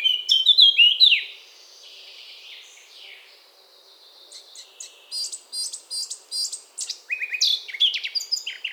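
Eurasian blackcap singing: a clear warbled phrase, a quieter stretch of about three seconds, then a long hurried run of twittering, scratchy and whistled notes.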